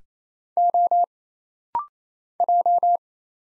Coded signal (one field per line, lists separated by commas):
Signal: Morse code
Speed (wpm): 27 wpm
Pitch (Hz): 700 Hz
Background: none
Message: O J